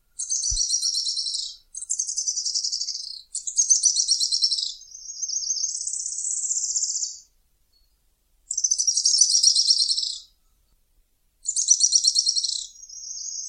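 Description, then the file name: Araucaria tit-spinetail song: high, dry buzzy trills about one to two and a half seconds long, repeated with short pauses; background otherwise quiet. "canto do grimpeiro"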